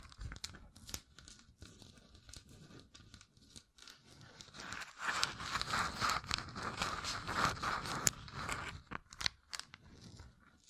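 Fingertips covered in gems tap and scratch in quick, irregular bursts of crisp, crackly clicks and scrapes. The sound is sparse and thin for the first few seconds, then grows denser and brighter from about five to nine seconds before thinning out again.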